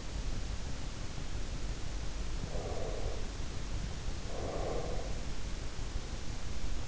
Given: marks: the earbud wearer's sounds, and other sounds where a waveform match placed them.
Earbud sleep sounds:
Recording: sounds in sleep by an in-ear microphone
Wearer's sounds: breath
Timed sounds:
2.49-5.28 s: breath

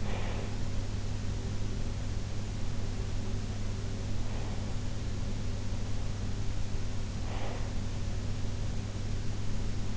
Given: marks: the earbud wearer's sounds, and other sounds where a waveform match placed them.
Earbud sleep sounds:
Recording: sounds in sleep by an in-ear microphone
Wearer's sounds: breath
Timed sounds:
0.00-0.60 s: breath
7.19-7.78 s: breath

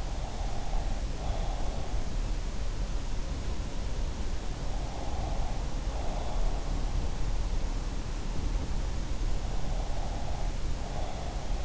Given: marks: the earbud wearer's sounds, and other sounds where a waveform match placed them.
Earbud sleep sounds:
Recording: sounds in sleep by an in-ear microphone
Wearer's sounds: breath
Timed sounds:
0.00-1.96 s: breath
4.84-6.60 s: breath
9.46-11.65 s: breath

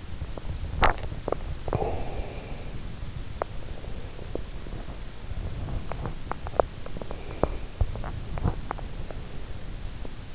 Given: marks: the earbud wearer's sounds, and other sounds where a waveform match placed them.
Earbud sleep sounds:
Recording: sounds in sleep by an in-ear microphone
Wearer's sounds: teeth grinding, swallowing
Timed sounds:
0.00-1.18 s: teeth grinding
1.18-2.78 s: swallowing
3.04-10.35 s: teeth grinding

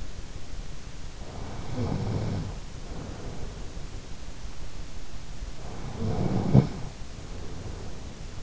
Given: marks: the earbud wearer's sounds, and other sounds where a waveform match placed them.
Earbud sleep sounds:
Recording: sounds in sleep by an in-ear microphone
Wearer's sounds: snoring breath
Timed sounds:
1.01-4.19 s: snoring breath
5.47-8.43 s: snoring breath

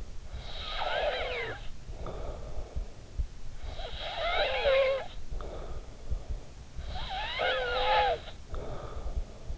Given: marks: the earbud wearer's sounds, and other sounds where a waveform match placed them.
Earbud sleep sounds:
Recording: sounds in sleep by an in-ear microphone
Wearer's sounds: snoring breath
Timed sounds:
0.35-3.15 s: snoring breath
3.58-6.35 s: snoring breath
6.64-9.58 s: snoring breath

